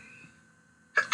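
Near-silence with faint room hum, then one sudden explosive burst: an adult sneeze, cut off at the end. The person has been sneezing a lot.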